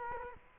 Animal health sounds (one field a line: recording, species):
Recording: mosquito wingbeat signal from an infrared sensor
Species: Culex quinquefasciatus